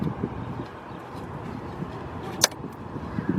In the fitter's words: okay snap back into place that's good